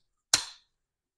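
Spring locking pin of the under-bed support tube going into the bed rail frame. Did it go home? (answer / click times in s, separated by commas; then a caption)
yes / 0.3 s. The spring locking pin on the under-bed support tube of a Panta adjustable bed assist rail is pushed into the bed rail frame and snaps home with a single loud, sharp metallic click at 0.3 s. The click rings briefly and fades by about 0.6 s, with silence before and after. The pin is seated and the rail is assembled.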